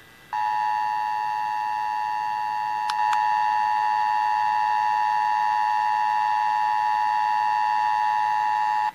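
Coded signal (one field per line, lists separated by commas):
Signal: Emergency Alert System (SAME) tones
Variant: 853 and 960 Hz attention tone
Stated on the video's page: Required Monthly Test received off-air from FM radio stations in Plymouth and Marshfield, Massachusetts, one via TuneIn app on an iPad Air 2.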